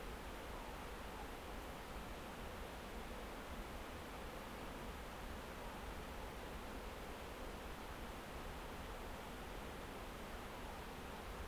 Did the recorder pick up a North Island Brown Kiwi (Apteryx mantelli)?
no